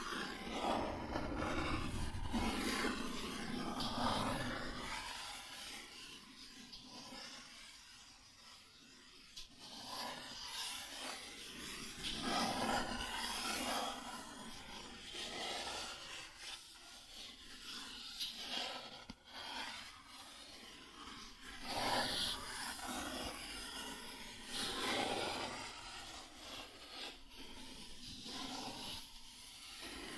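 Cardboard being scratched and traced, heard as a steady run of dry, rasping strokes that come in repeated bursts every second or two. The scraping stays fairly bright and busy throughout, with a brief sharp crack around nineteen seconds.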